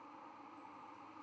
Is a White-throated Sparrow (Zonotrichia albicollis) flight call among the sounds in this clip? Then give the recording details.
no. No flight call is heard. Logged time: 04:41 on 13 November 2014